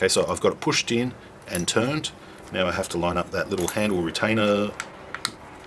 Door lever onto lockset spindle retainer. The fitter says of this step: Missed it. Do it again.